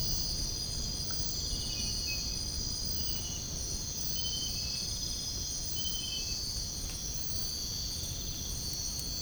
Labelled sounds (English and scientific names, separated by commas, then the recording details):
none
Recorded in dense forest near Puerto Asís, Putumayo, Colombia, on 22 June 2025 at 04:00
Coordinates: 0.481, -76.323
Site G072